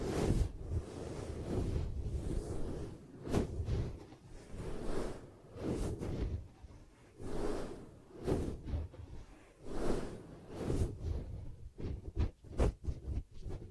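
Ear cupping sounds: soft, muffled low whooshes rising and falling in slow waves, ending with quicker sharp taps and brushes near the close.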